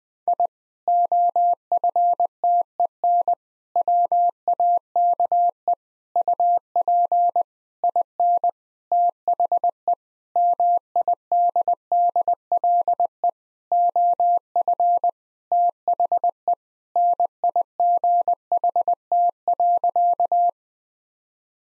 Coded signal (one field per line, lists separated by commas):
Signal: Morse code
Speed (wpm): 20 wpm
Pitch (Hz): 700 Hz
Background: none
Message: I OFTEN WAKE UP IN THE MIDDLE OF THE NIGHT.